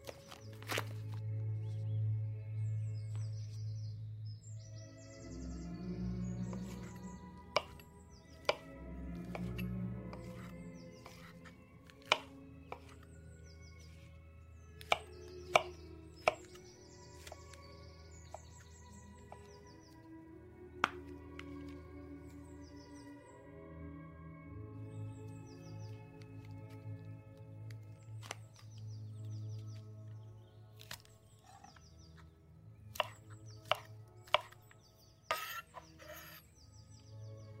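Kitchen ambience with old-time music playing softly under a steady low hum. Sharp clinks and knocks, like chopping and utensils, land every few seconds, clustering around the middle and again near the end.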